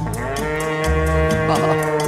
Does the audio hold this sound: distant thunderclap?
no